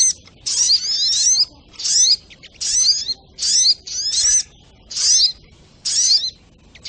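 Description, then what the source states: Spiderhunter singing sharp, high twittering phrases in short bursts crowded with quick slurred notes, with brief pauses between them. Training recording (masteran) of a sogok ontong bird, song style called labaik.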